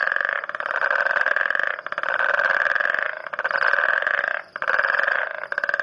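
Frog calling with rattling, pulsed croaks in runs of one to two seconds, separated by quick dips, buzzy in tone.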